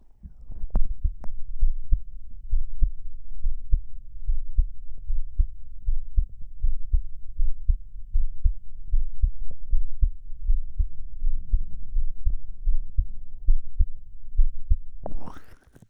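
Quite fast adult heartbeat heard through a microphone pressed against the body: a steady run of rapid, low-pitched thumps. The fast rate is possibly due to excitement.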